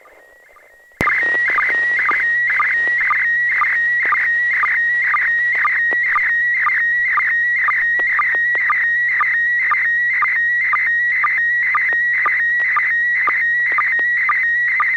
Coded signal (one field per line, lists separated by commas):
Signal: SSTV (slow-scan television)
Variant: PD 120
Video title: N6NA SSTV Net - 12/14/2022